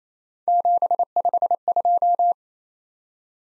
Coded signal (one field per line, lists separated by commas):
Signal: Morse code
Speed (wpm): 29 wpm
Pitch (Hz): 700 Hz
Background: none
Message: 752